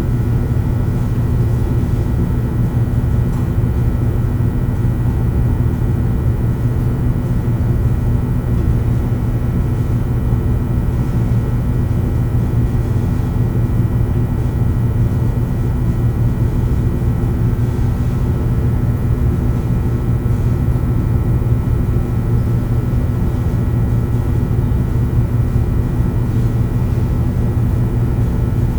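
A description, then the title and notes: Fluorescent lighting hums steadily in an empty room, a constant low drone with faint buzzing overtones and no changes or separate events. Empty Room - Fluorescent Lighting - Ambient Noise.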